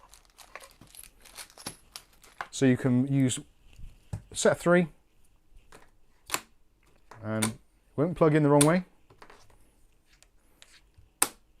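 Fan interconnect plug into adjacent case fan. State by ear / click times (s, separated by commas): seated / 11.2 s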